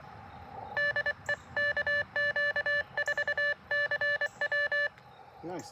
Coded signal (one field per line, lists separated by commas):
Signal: Morse code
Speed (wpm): 24 wpm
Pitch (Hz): 1750 Hz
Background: speech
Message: DE KQ4CW